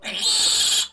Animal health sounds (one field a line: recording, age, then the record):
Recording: pig call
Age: piglet (1 to 25 days)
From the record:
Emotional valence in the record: negative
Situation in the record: castration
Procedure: castration, cut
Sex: male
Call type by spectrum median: high-frequency call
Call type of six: high-frequency modulated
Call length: 0.93 s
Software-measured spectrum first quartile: 3800 Hz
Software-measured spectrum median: 5623 Hz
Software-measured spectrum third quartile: 8994 Hz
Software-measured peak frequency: 3272 Hz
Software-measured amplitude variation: 105 dB a second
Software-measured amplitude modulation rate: 18.9 a second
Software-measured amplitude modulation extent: 5.6 dB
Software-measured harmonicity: 2.8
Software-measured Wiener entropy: -2.17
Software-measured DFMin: 634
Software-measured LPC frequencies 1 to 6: 973, 1739, 3338, 3946, 4497, 6874 Hz